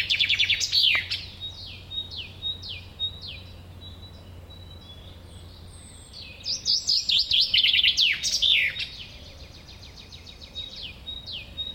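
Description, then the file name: Common chaffinch singing: a bright burst of rattling notes, a run of evenly spaced falling whistles, then a second dense phrase ending in a flourish. "Fringilla coelebs"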